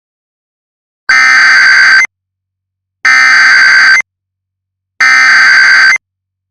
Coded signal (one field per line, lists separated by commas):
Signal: Emergency Alert System (SAME) tones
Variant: header bursts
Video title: eas scenario snippet cuz the post got one like as i promised